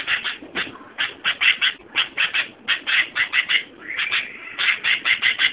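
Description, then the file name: Sooty-headed bulbul giving a string of quick chattering notes in uneven groups. "suara burung kutilang"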